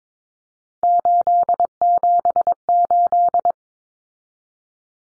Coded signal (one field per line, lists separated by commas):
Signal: Morse code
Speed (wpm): 22 wpm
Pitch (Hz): 700 Hz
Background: none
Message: 878